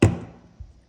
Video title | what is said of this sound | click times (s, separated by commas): Benelli Lupo Bolt Assembly | and then line these pin up Clicks in place and that's it | 0.0 s